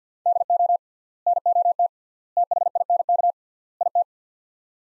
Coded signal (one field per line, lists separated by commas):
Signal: Morse code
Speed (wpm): 48 wpm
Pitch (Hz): 700 Hz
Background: none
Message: DO NOT THINK IT